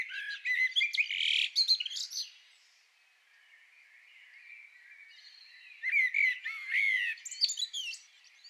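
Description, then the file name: Common blackbird song: a warbled phrase with squeaky high notes, a quiet pause, then another fluting phrase with high notes. "Turdus merula"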